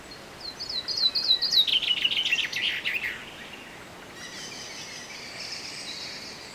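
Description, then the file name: Common chaffinch giving a rapid series of bright notes that descend into a quick trill, followed by softer high twittering in a steady hiss. "Fringilla coelebs"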